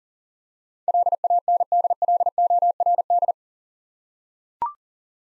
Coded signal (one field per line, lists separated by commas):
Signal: Morse code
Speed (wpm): 40 wpm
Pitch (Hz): 700 Hz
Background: none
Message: LANDLORD